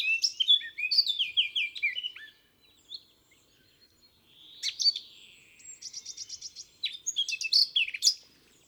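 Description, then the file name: Eurasian blackcap warbling: a series of falling slurred whistles, a pause, then scratchy chatter and a quick run of evenly repeated notes before more warbled phrases. "Sylvia atricapilla"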